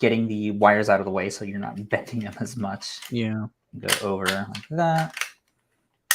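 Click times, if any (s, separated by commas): 6.1 s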